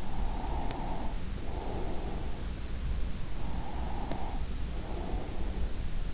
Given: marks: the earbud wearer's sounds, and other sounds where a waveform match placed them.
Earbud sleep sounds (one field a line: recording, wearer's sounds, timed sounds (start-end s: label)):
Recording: sounds in sleep by an in-ear microphone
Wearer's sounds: breath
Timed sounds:
0.00-2.51 s: breath
3.28-5.95 s: breath